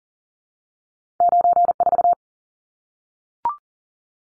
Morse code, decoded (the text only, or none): 94